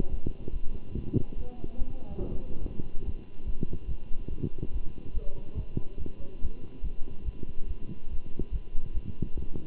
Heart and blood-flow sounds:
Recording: heart sounds by stethoscope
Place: between the tricuspid and mitral areas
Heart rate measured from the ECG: 143 bpm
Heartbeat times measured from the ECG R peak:
0.10 s: heartbeat
0.52 s: heartbeat
0.95 s: heartbeat
1.37 s: heartbeat
1.78 s: heartbeat
2.20 s: heartbeat
2.62 s: heartbeat
3.05 s: heartbeat
3.46 s: heartbeat
3.87 s: heartbeat
4.30 s: heartbeat
4.72 s: heartbeat
5.13 s: heartbeat
5.56 s: heartbeat
5.98 s: heartbeat
6.41 s: heartbeat
6.83 s: heartbeat
7.25 s: heartbeat
7.67 s: heartbeat
8.10 s: heartbeat
8.52 s: heartbeat
8.94 s: heartbeat
9.36 s: heartbeat
From the record:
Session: Bruce protocol treadmill stress test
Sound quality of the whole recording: good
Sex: male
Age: 23 years

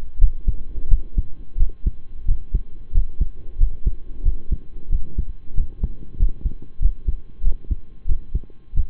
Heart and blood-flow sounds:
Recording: heart sounds by stethoscope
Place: between the tricuspid and mitral areas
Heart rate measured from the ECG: 91 bpm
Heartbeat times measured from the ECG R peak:
0.17 s: heartbeat
0.87 s: heartbeat
1.56 s: heartbeat
2.25 s: heartbeat
2.91 s: heartbeat
3.57 s: heartbeat
4.22 s: heartbeat
4.89 s: heartbeat
5.54 s: heartbeat
6.16 s: heartbeat
6.79 s: heartbeat
7.42 s: heartbeat
8.06 s: heartbeat
8.73 s: heartbeat
From the record:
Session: rest, lying down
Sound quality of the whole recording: partially saturated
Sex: male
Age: 25 years

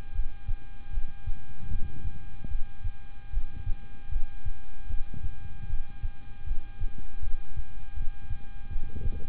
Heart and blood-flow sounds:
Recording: heart sounds by stethoscope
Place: between the tricuspid and mitral areas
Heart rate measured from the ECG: 77 bpm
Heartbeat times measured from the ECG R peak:
0.12 s: heartbeat
0.90 s: heartbeat
1.68 s: heartbeat
2.48 s: heartbeat
3.30 s: heartbeat
4.09 s: heartbeat
4.87 s: heartbeat
5.66 s: heartbeat
6.44 s: heartbeat
7.20 s: heartbeat
7.94 s: heartbeat
8.69 s: heartbeat
From the record:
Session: rest, lying down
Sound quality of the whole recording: good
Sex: male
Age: 26 years

